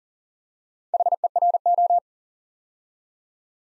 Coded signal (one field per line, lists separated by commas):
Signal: Morse code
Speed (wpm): 38 wpm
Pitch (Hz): 700 Hz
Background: none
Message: HERO